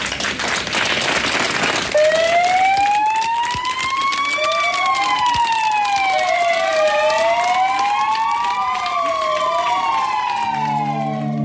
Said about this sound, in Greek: Βάλαν και τις σιρήνες εκεί, τα πυροσβεστικά οχήματα, ανάβαν και οι φάροι.